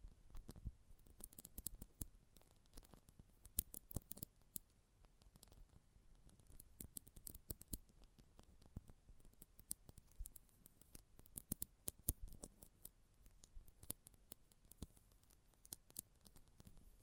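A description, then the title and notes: Close-up metallic sounds: a dense, irregular run of sharp clicks, snips and small clanks, some crisp and bright, a few heavier, spread across the whole clip with brief clusters near 1, 4, 8 and 12 seconds. ASMR Close Up Metallic Sounds (No Talking).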